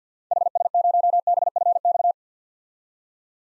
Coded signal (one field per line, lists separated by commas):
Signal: Morse code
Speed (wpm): 50 wpm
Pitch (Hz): 700 Hz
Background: none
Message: HS0BFX